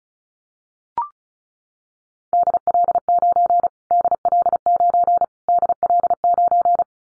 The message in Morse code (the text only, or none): DL9 DL9 DL9